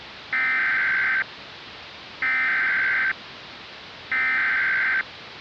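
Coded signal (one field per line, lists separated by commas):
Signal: Emergency Alert System (SAME) tones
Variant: header bursts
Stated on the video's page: Fake, fictional EAS scenario made for entertainment.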